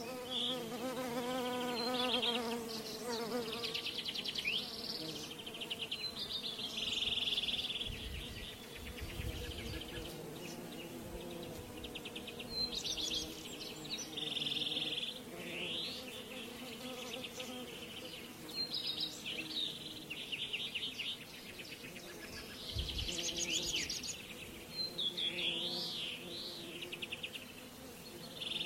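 Bees buzz steadily, a dense low drone that wavers in pitch as they move around. Over it, birds sing clear, bright phrases and chirps throughout, with bursts around 7, 13 and 23 seconds, some with sweeping, looping notes.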